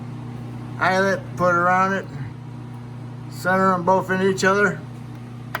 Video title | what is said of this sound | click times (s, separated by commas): 2014 GMC 1500 Install Transmission 4x4 part 2 of 2 | push it in there. You hear it click, and then pull on a little bit, make sure it doesn't come off. | 5.5 s